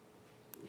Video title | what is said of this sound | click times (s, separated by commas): HSN - Rarities Fine Jewelry 02.04.2025 - 02 AM | I heard the click. Okay. I heard it. | 0.5 s